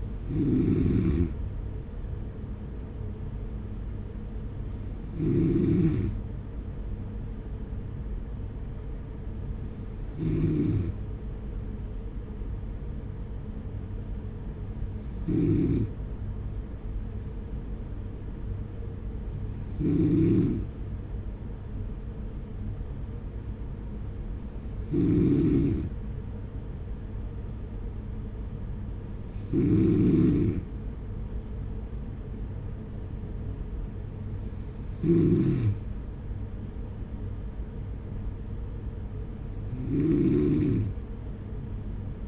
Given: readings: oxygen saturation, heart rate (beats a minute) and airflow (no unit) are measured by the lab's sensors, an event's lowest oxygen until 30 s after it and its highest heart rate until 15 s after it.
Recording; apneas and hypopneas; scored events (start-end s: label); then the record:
breathing in sleep by a smartphone at the bedside; none
40.00-42.28 s: new sleep stage, N2 (light sleep)
From the record:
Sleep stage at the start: N1 (lightest sleep); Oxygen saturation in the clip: 94 to 95%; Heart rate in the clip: 44 to 48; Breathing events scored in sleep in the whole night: 210 in 6.9 hours asleep